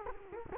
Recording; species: mosquito wingbeat signal from an infrared sensor; Culex quinquefasciatus